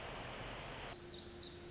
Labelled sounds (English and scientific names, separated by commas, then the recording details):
Pacific Wren (Troglodytes pacificus)
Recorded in Sonoma County, California